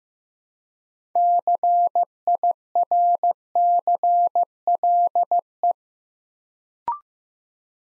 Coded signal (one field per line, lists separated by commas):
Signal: Morse code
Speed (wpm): 15 wpm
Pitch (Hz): 700 Hz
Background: none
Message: CIRCLE